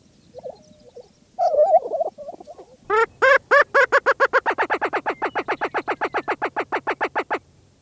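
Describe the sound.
Lesser prairie-chicken calls: a few gabbling chuckles, then a long run of many short, clear notes that quicken and grow softer.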